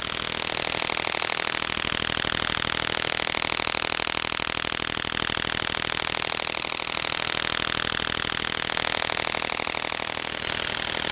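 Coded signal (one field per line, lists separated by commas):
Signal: radar signal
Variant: over-the-horizon radar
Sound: steady harsh rapid buzzing rattle of fast repeating sweeps, like an idling engine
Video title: Signals of Over The Horizon Radars OTH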